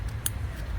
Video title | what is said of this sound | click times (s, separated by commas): Is Your Car Hiding This Idle Secret Issue? NO CHECK ENGINE LIGHT? USE THIS TOOL. | You hear it click. | 0.3 s